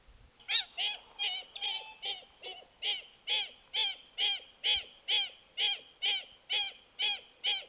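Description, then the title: Wattled jacana calling in a steady series of harsh, rasping notes, about two per second, evenly repeated throughout. Nominate subspecies Jacana jacana jacana. "LuckyPassaro Completos2Sama. Wattled Jacana"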